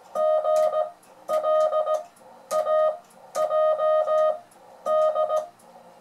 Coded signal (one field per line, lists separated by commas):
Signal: Morse code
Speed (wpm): 17 wpm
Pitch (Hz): 620 Hz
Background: music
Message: GLAJD